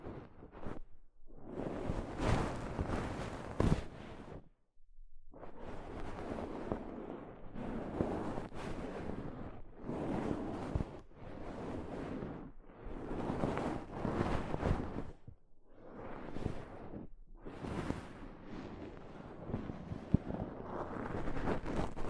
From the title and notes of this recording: ASMR Mic Brushing using Soft Fabric (No Talking).